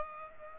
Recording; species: mosquito wingbeat signal from an infrared sensor; Aedes aegypti